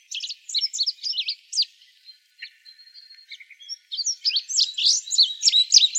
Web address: Sound Library Grosbeaks Buntings AZFO INBU deviche 052408